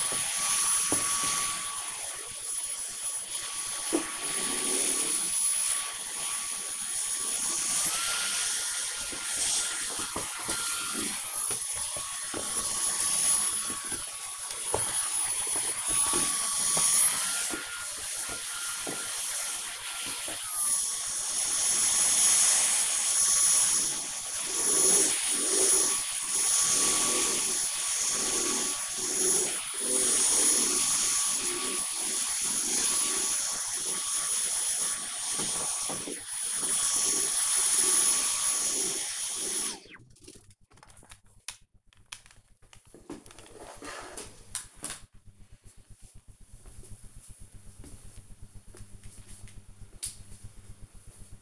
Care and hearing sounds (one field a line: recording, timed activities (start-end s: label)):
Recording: household activities, microphone on the right wrist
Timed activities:
0.00-38.95 s: vacuum cleaning